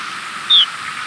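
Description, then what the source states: Lapland longspur giving a single brief, high note that slides slightly downward, over a steady background hiss. Flight call, recorded in Kansas on 22 November 2000.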